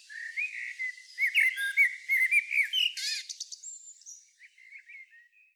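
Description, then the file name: Common blackbird singing: a mellow, fluted warble of low whistled phrases, then a squeaky high twitter near the middle and soft trailing high notes fading out. "Turdus merula"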